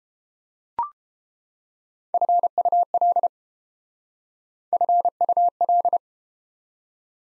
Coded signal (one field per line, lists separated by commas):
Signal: Morse code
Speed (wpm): 31 wpm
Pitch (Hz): 700 Hz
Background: none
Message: FUL FUL